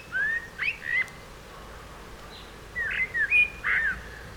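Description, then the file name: Common blackbird song in two short bursts of mellow whistled notes separated by a pause. "Turdus merula"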